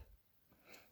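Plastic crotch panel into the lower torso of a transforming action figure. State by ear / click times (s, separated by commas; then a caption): not seated / none. A plastic crotch panel on a Transformers Legacy Evolution Deluxe class Animated Universe Prowl action figure is swung down during transformation and pressed into the bottom of the crotch area of the lower torso. A soft low thump at the start gives way to quiet, with faint handling rustle around 0.5 s and a brighter scrape near 0.7–0.8 s. Nothing has clicked into place yet; the panel doesn't click, and the hold is not very secure.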